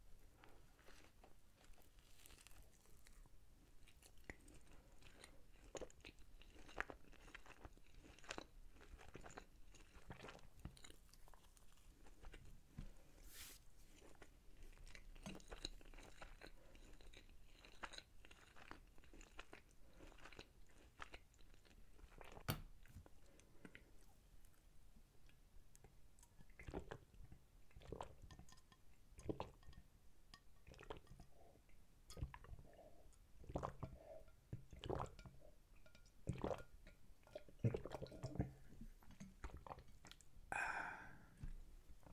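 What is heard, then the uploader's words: Someone eats a burger, with steady wet chewing and frequent soft crunches and bites throughout. The smacking gets denser and louder after about 25 seconds, and a bright, sharp click or crinkle stands out near 40 seconds. Eating A $1 Burger (ASMR EATING & DRINKING SOUNDS).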